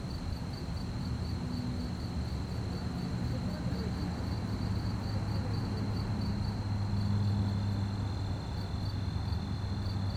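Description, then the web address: Cricket chirps pulse rapidly above a broad low hum, with low sounds swelling in the later part. Fast-chirping crickets at night on a quiet street, with distant activities and slight wind. "QUIET STREET Night fast chirp crickets, distant activities, slight wind. Articulated Sounds - Quiet Streets. Sonniss"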